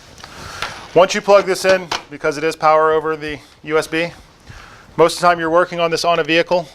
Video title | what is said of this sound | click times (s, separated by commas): Connect Card Training Video | so it'll let you know if it's not right it's cockeyed like that so you can just twist it until it snaps in | 0.6 s